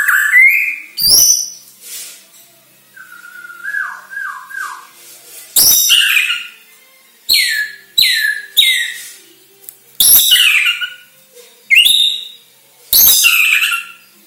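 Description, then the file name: White-rumped shama song, a series of descending whistles and sharp high chips with short pauses between them. Borneo; lure recording played to make shamas sing. "Sara Pancingan Murai Batu Borneo Agar Gacor Dor"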